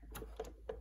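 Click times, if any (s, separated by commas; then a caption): none. The stitch selector dial on a Singer 1425 sewing machine is being turned to line its red dot up with the red dot on the machine body. Short, faint ticks of handling are heard at about 0.2, 0.4 and 0.7 seconds over a low steady hum. The dial has not yet clicked into its detent.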